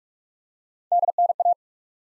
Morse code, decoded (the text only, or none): DNA